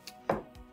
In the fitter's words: okay and it'll click into place